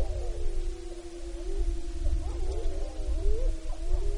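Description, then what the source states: Wolf: wolves howling together, several long, wavering tones overlapping and sliding up and down, over a steady low rumble. Wrangell-St. Elias, Alaska, 9 April 2015, 10:35.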